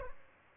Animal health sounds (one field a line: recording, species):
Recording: mosquito wingbeat signal from an infrared sensor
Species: Aedes albopictus